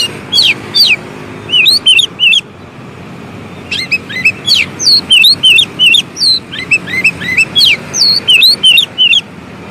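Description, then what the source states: Oriental magpie-robin song in short bursts of twisting whistled notes and chips, repeated with brief pauses between groups. Long-duration filler song (isian) for training kept birds to sing actively day and night.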